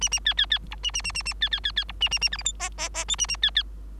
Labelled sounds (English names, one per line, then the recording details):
Bengalese Finch song
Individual Bird3